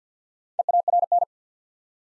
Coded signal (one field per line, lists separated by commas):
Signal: Morse code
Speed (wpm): 50 wpm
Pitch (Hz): 700 Hz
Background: none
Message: EARN